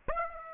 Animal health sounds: mosquito wingbeat signal from an infrared sensor; Aedes aegypti

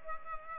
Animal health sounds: mosquito wingbeat signal from an infrared sensor; Culex pipiens

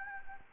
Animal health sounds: mosquito wingbeat signal from an infrared sensor; Anopheles gambiae

